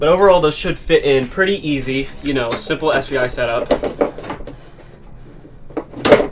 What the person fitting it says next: just like that both clicking in place very nice